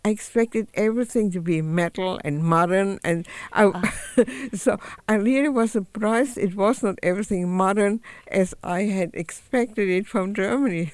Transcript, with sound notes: I expected everything to be metal and modern and so (she laughs) I really was surprised it was not everything modern as I had expected it from Germany.